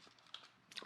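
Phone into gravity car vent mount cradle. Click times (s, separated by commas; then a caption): 0.3 s, 0.8 s. A phone is set down into a Vicseed gravity car vent mount cradle, and its weight pulls the side arms closed around it. Short plastic clicks sound at 0.3 s and 0.8 s as the arms lock onto the phone, seating it in place.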